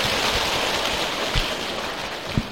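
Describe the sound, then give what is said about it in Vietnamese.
Steady, dense applause from an audience welcoming participants and guests to a Buddhist retreat in the afternoon, a continuous wash of many hands clapping at an even, fairly loud level, with a couple of brief low thumps. “Một tràng pháo tay cùng hân hoan chào đón.”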